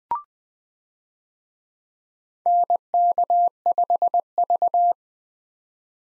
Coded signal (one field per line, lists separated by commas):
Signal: Morse code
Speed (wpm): 20 wpm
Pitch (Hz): 700 Hz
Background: none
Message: NK5V